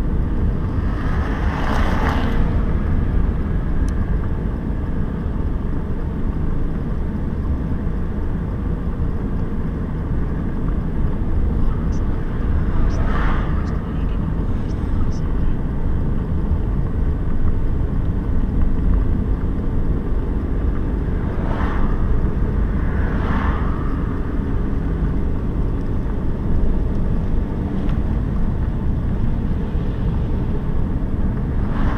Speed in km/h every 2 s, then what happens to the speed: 37, 38, 37, 37, 38, 38, 37, 34, 32, 32, 35, 34, 34, 39, 39, 43.
0-10 steady at about 37. 10-18 slows to 32. 18-24 steady at about 34. 24-32 speeds up to 43.